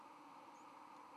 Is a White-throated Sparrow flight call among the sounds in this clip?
no